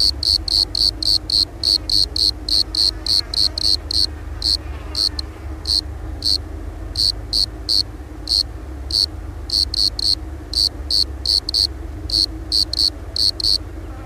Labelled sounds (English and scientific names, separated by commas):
Bordeaux Cricket (Eumodicogryllus bordigalensis) stridulation